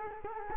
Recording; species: mosquito wingbeat signal from an infrared sensor; Culex quinquefasciatus